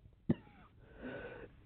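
A single sharp cough from an adult bursts out, followed by a brief throat noise and a soft breath in a small room.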